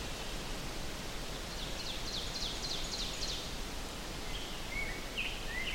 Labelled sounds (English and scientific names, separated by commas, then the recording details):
Ovenbird (Seiurus aurocapilla) song
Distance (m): 85 m
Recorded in boreal forest in Alberta, Canada, on 4 June 2016 at 08:41
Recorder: SongMeter 3, array SBT-3-51
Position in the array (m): 264 m, 116 m
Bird 28